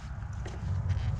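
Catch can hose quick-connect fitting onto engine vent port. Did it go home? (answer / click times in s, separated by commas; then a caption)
no / none. A catch can hose quick-connect fitting is being handled at the engine vent port of a Hellcat, about to be pushed on until it locks. Only a steady low rumble and faint handling rustles are heard, and nothing has seated or clicked yet.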